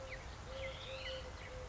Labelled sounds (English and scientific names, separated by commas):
Eurasian Collared Dove (Streptopelia decaocto)